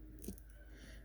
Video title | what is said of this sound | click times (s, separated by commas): Build #718 - Rusty/ Bright Brass Piranha - Schiltz | um so all you got to do is back the crown off the threads until you hear it clicking | 0.2 s, 0.4 s